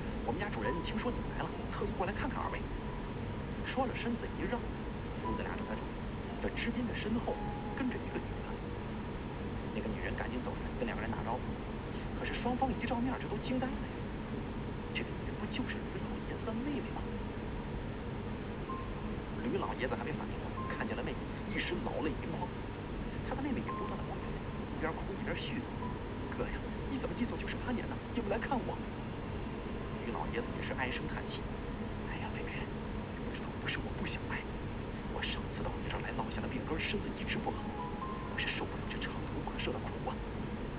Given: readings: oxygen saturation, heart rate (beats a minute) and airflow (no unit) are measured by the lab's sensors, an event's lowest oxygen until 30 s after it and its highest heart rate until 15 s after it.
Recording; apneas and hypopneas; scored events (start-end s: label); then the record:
breathing in sleep by a voice recorder at the bedside; none
none scored
From the record:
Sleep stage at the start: N1 (lightest sleep); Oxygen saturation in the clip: 94 to 95%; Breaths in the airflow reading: 14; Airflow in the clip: -1.3 to 1.8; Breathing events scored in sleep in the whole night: 335 in 6.7 hours asleep